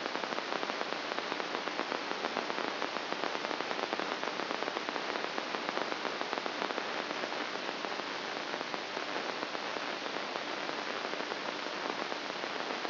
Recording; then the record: brain microelectrode recording played as sound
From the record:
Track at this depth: inside the subthalamic nucleus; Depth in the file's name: 8.137 mm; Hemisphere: left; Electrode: 2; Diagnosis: Parkinson's disease